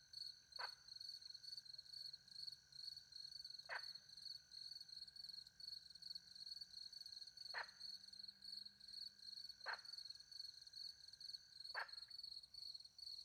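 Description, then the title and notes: Frog croaks, short harsh calls spaced a few seconds apart, five in all, over a steady high-pitched chorus of crickets. Frogs with crickets, countryside by night near a little pond, France; microphones hidden in a tree, two Usi pro mics into a Mixpre 10 II recorder. "Frogs and crickets, France. Frogs and crickets in the countryside by night. The microphones were hidden in a tree close to a little pond"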